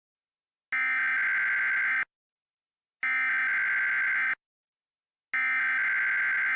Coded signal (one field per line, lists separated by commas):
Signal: Emergency Alert System (SAME) tones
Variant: header bursts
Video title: The 2022 Eastern Blizzard: An EAS Scenario (Remastered)